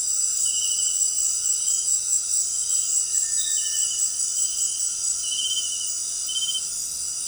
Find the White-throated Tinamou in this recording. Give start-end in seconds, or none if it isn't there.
3.13-3.86